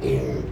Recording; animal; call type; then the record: contact call of a hoofed animal; pig; closed-mouth grunt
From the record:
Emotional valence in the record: negative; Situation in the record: short social isolation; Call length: 0.52 s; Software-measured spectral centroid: 1630 Hz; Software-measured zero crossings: 820 a second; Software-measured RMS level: -24 dBFS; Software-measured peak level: -11 dBFS